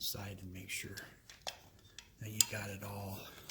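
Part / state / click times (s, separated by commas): wiring harness connectors in headlamp bucket / not seated / none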